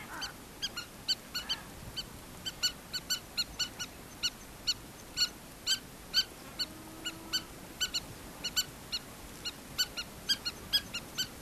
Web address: earth naturelibrary. southern lapwing